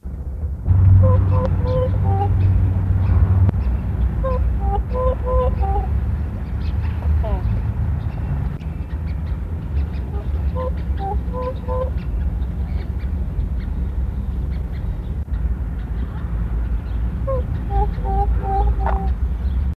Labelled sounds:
Whooper Swan (Cygnus cygnus) call

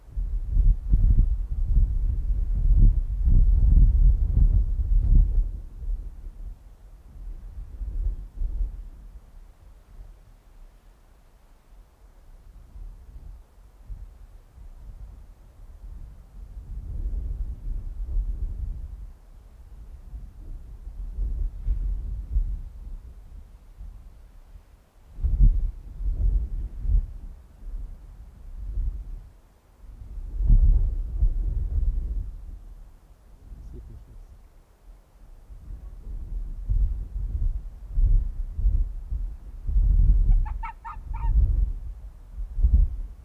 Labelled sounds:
Arctic Fox (Vulpes lagopus)

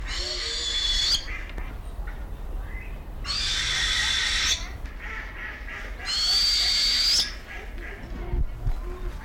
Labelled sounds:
Northern Hawk-Owl (Surnia ulula)

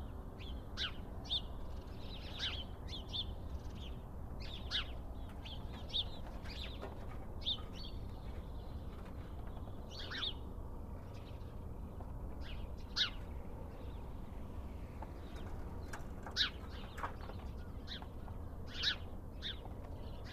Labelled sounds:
House Sparrow (Passer domesticus) call

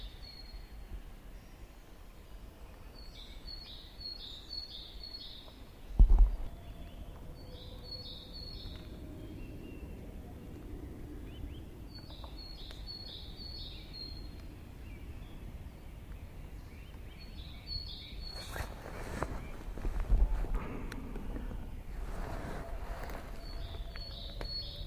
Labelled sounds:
Middle Spotted Woodpecker (Dendrocopos medius)

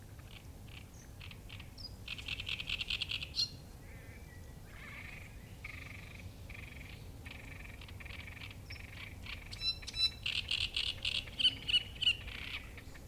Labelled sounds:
Great Reed Warbler (Acrocephalus arundinaceus)

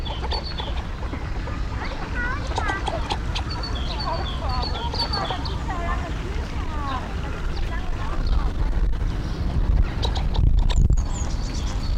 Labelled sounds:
Red Shoveler (Anas platalea) call

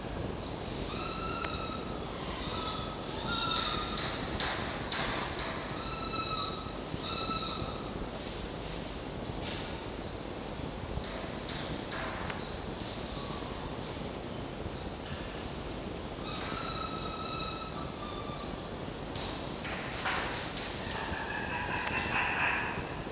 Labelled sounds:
Red Fox (Vulpes vulpes)

